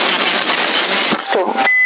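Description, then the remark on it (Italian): Hissy, band-limited CB radio static in Sassari with muffled garbled noise, ending in a single short, steady, high-pitched electronic beep on the radio channel that holds for a fraction of a second before cutting off. “È per un bip, sento.”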